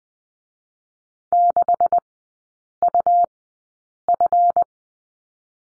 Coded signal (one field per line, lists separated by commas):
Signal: Morse code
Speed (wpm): 20 wpm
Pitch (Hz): 700 Hz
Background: none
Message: 6UF